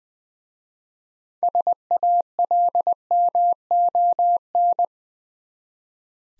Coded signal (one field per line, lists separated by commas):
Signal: Morse code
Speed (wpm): 20 wpm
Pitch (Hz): 700 Hz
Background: none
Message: SALMON